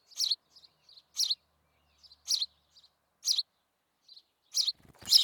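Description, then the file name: House sparrow chirping, about five loud chirps roughly a second apart with soft notes between, ending with a brief noisy burst. "Passer domesticus"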